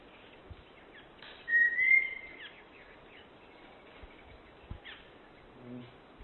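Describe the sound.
Long-billed thrush calling with a single clear, slightly rising whistle about a second long, then faint background rustles.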